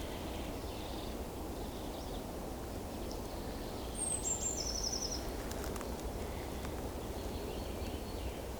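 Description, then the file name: Eurasian blue tit song: one high thin note followed by a short fast trill, heard once over steady low rumble and faint background noise. "Cyanistes caeruleus"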